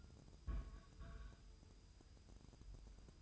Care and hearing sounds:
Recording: daily activity, microphone in the room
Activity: place on stove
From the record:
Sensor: 2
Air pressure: 988.1 hPa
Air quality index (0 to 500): 191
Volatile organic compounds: 189 ppm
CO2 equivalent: 4175 ppm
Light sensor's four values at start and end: 21/70/27/26 and 21/70/27/26

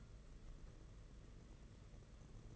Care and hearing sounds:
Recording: daily activity, microphone in the room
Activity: take from stove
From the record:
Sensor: 4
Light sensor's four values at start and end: 4/10/4/4 and 4/10/4/4

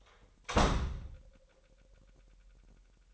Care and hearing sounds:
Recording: daily activity, microphone in the room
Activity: close door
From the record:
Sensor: 3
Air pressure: 998.4 hPa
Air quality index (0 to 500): 141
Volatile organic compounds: 4 ppm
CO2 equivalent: 1687 ppm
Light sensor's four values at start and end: 16/46/19/17 and 16/46/19/17

